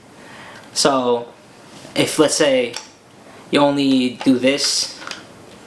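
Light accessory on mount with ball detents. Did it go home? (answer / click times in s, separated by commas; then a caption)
no / none. Someone talks while a light accessory is pushed only partway onto a COLBOR light's mount, which holds it with spring-loaded metal ball detents called marbles. A brief faint sound comes near 5.1 s, but nothing has clicked or seated yet. The accessory is not pushed in far enough and would fall off easily.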